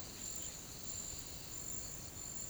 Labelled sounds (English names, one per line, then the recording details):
none
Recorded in pastures near Puerto Asís, Putumayo, Colombia, on 8 March 2025 at 09:30
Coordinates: 0.486, -76.323
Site G075